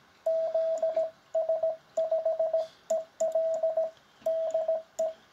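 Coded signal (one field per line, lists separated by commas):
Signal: Morse code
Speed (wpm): 17 wpm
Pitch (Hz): 650 Hz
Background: radio noise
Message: ZS5EL DE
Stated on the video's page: Amateur CW QSOs.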